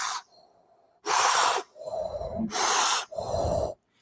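Two vocal imitations of a soft breathing cycle: a louder breathy rush in, then a softer one out, repeated without wheeze or crackles. They model normal vesicular breath sounds heard on auscultation over the back of the chest, as air moves in and out of the alveoli.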